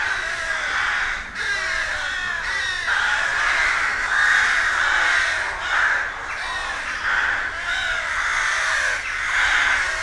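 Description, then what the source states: Many rooks cawing together, a harsh, continuous clamour of grating calls swelling and fading slightly throughout. Rook colony, a rookery in a wood.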